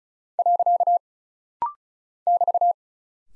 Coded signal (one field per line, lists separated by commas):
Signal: Morse code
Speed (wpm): 36 wpm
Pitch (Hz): 700 Hz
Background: none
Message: . <BT>